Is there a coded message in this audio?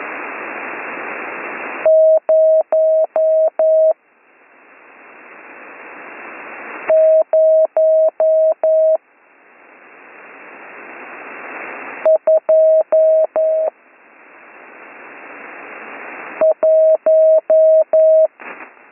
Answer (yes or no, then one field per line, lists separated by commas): yes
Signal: Morse code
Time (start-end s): 1.9-18.3 s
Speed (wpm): 11 wpm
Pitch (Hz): 640 Hz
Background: none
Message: 0021